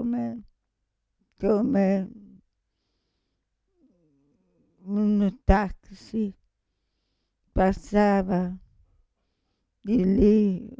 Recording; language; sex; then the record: read passage; Italian; female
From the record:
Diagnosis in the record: Parkinson's disease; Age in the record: 65 years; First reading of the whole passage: 242 s, 2.1 characters per second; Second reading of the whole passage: 180 s, 2.9 characters per second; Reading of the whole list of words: 168 s, 1.7 characters per second